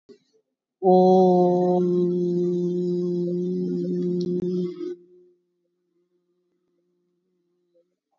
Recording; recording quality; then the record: sustained vowel as in boot; excellent, no background noise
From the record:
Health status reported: COVID-19 positive, moderate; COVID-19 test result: positive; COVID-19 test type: RT-PCR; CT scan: taken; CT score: 9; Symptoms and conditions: cough, cold, fever, muscle pain, loss of smell and taste, diarrhoea, hypertension, diabetes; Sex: female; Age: 57 years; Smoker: no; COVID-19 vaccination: none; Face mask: worn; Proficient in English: no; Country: India